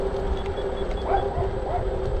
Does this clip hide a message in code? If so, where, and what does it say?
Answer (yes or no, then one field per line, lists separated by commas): no